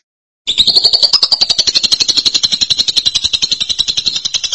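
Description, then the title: Lovebird: after a moment of silence, a lovebird launches into a steady, rapid, high-pitched pulsed trill, sustained to the end. "BM Suara Burung Lovebird"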